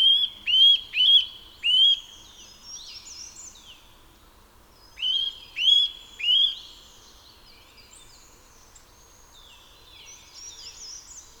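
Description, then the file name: Eurasian nuthatch calling in two bursts, four sharp rising whistled notes and then three more, with softer chirps in between. "Sitta europaea"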